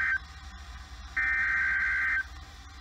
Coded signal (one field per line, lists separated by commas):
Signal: Emergency Alert System (SAME) tones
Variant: header bursts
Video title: Back At New Jersey...EAS Tests from July 21, 2020 (EAS #204-207)